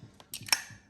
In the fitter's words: Snaps into place.